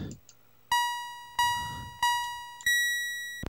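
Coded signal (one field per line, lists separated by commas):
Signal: none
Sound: racing game start beeps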